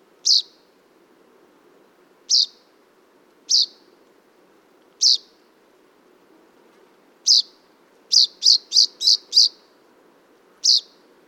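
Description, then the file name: Common chaffinch giving short, sharp high call notes, spaced irregularly at first, then a quick run of five notes, with one more at the end; faint low background hum. "Fringilla coelebs"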